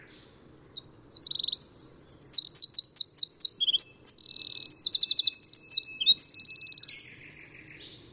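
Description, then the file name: Eurasian wren song: a loud, high, rapid outpouring of sharp notes mixed with fast mechanical trills, running for about seven seconds without pause. "Troglodytes troglodytes"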